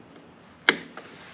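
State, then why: Released. The center pin of a plastic push rivet in the tail fairing of a 2024 ZX6R motorcycle is pushed in to release it. A sharp pop is heard at 0.7 s, followed by a fainter tick near 1.0 s. The rivet is released and comes out.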